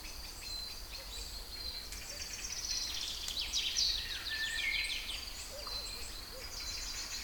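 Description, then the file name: Songbirds in a dense chorus of high twitters and trills, a descending whistled phrase in the middle, and a few soft lower notes late on. Kouri Forest, Thessaloniki, Greece; recorded 22 05 12 at 18:35. "Singing Birds Kouri Forest Salonika 22 05 12 18 35"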